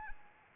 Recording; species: mosquito wingbeat signal from an infrared sensor; Anopheles arabiensis